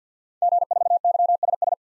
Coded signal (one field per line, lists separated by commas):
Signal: Morse code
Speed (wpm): 50 wpm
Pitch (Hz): 700 Hz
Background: none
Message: G4YSS